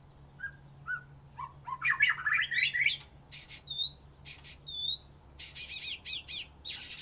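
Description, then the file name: White-rumped shama singing a scattered mix of soft whistles, bright slurred notes and rasping chattering bursts, with a faint steady low hum beneath. "murai batu"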